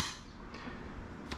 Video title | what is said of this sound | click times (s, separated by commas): How to Empty Dyson V10 Animal Vacuum Cleaner | I'm going to shut it and here it click | 1.3 s